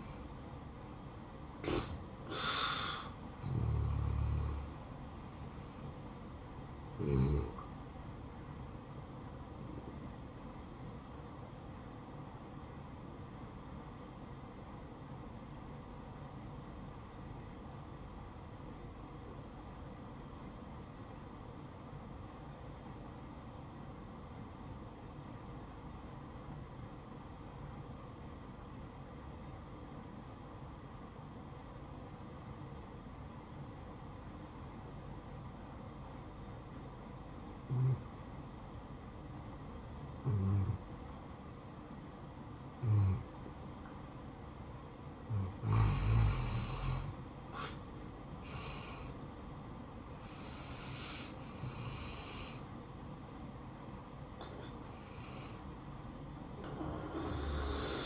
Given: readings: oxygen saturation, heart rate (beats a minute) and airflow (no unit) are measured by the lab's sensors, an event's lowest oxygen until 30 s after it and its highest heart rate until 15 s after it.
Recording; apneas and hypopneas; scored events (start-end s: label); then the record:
breathing in sleep by a smartphone at the bedside; 1
15.00-45.00 s: new sleep stage, N2 (light sleep)
16.00-46.20 s: obstructive apnea (N2, oxygen 95% highest, then 85% lowest, heart rate 63 at the start, 76 highest)
45.00-58.06 s: new sleep stage, N1 (lightest sleep)
From the record:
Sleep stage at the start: N1 (lightest sleep); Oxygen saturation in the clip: 84 to 95%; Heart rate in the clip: 59 to 76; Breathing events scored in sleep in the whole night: 573 in 9.8 hours asleep